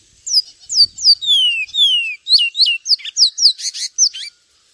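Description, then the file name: Javan tesia song, high and hurried: several long falling whistles, then a burst of rapid, scratchy chirps that stops abruptly before the end. "suara burung twatwa omkicau"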